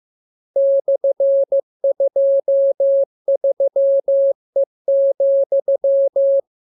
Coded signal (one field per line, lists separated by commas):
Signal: Morse code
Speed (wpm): 15 wpm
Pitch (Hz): 550 Hz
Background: none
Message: /23E,